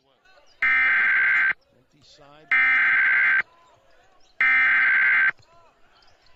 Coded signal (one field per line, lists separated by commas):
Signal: Emergency Alert System (SAME) tones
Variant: header bursts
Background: speech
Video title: 4 of the most creepy EAS alarms + explanation